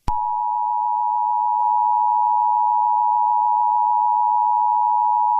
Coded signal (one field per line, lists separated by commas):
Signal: Emergency Alert System (SAME) tones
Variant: 853 and 960 Hz attention tone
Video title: EAS mock: Required Monthly Test for the San Francisco area